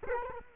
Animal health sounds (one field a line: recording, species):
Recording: mosquito wingbeat signal from an infrared sensor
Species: Culex quinquefasciatus